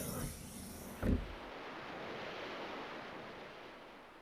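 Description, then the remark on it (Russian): Waves of an icy sea wash against a shore of grey stones and rocks, with one sharp surge of breaking water early on, then a steady, hissing rush of surf that slowly fades. No voices. “Друзья увидели берег ледяного моря с серыми камнями и скалами.”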